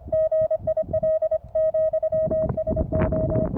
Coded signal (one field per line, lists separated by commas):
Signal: Morse code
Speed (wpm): 25 wpm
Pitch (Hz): 630 Hz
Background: none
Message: GIL, SO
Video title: Calling UFOs With Morse Code au Plateau du Caussols.